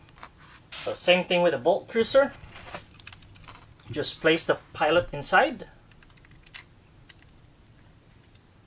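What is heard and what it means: Someone talks while a pilot figure is placed inside the cockpit of a die-cast toy jet, the Bolt Cruiser from the DX Soul of Chogokin Voltes V, with light handling taps and small clicks around 0.2, 3.1, and 6.0–7.3 seconds. The plastic cockpit canopy has not been closed or latched yet; nothing has seated or clicked into place.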